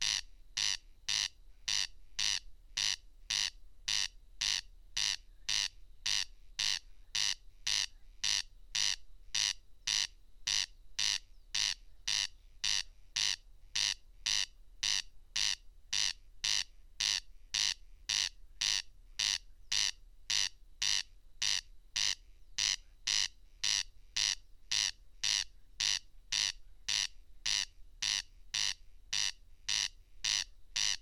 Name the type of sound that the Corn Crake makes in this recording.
song